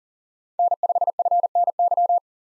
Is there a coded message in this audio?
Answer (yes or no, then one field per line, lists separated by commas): yes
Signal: Morse code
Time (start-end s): 0.6-2.2 s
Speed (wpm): 40 wpm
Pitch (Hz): 700 Hz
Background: none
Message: N5FNY